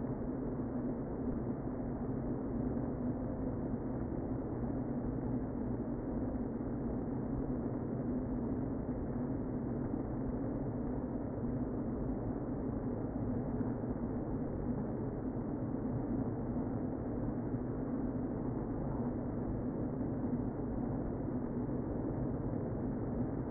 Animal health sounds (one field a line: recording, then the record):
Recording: honeybee colony, microphone inside the hive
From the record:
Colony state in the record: queen present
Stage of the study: before two queens were removed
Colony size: about 60,000 bees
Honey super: yes